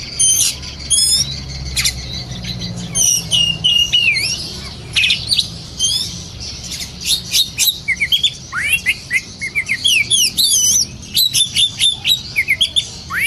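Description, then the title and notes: Oriental magpie-robin song, high whistled and chirped notes in quick bursts, some rising sharply, over a continuous low rumble. Long-duration magpie-robin singing meant as tutor material for training birds to sing actively day and night. "Kacer Jadi Gacor Siang Malam. Isian Kacer Durasi Panjang"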